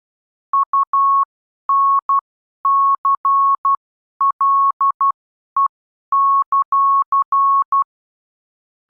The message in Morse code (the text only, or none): UNCLE;